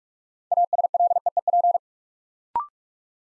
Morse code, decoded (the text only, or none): ASLEEP